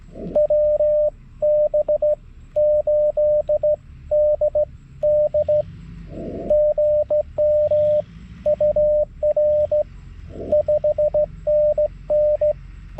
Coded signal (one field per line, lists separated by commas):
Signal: Morse code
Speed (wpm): 17 wpm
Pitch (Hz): 600 Hz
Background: radio noise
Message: WB8DD GM UR 5NN